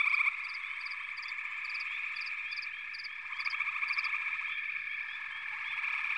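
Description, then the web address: Frog chorus, a dense, steady mass of pulsed trilling croaks with short rising chirps scattered over the top throughout. "The Natural Sounds of the Wilderness 10 CDs collection Echoes of Nature - Sampler 08 Frog Chorus"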